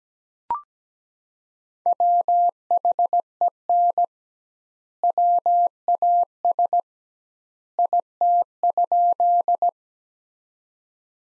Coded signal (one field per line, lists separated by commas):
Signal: Morse code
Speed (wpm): 17 wpm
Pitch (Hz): 700 Hz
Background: none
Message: WHEN WAS IT?